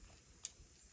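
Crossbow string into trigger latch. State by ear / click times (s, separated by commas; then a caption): not seated / none. The string of an Aston Jungle Hunter 350 recurve crossbow, set in the fire position, is being cranked back with the cocking handle, about 12 to 13 turns, toward the trigger latch. Two short, sharp ticks sound at about 0.5 and 1.0 seconds over a quiet low rumble. Nothing has seated or clicked yet.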